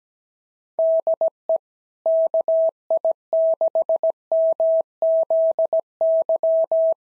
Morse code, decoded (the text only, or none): DE KI6MZY